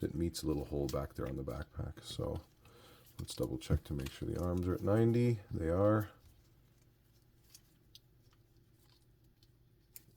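Someone talks while the plastic backpack of a Transformers Studio Series #109 concept art Megatron figure, with its arms set at 90 degrees, is swung up so its tabs go into the slots on the torso and the head tab meets the hole in the backpack. After the talking stops, there is quiet handling with small ticks, and sharp clicks come at 8.0 s and 10.0 s as the backpack seats in place.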